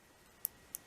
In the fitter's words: there's the click now we can then format our